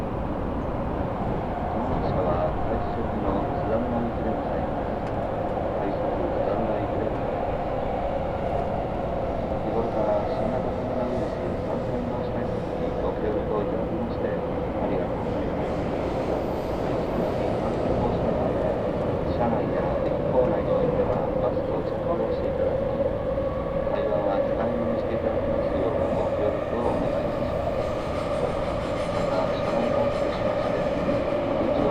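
A Tokyo Metro train runs between Iidabashi and Nishi-Funabashi with a steady low rumble, a sustained whine, and faint speech underneath.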